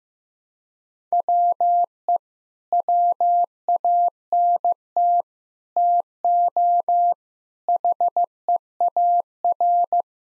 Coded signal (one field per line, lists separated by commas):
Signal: Morse code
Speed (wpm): 15 wpm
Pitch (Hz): 700 Hz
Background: none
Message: WE WANT TO HEAR